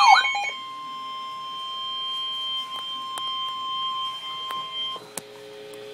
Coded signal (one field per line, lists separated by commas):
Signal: Emergency Alert System (SAME) tones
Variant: 1050 Hz attention tone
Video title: REAL EAS 1417-Severe Thunderstorm Warning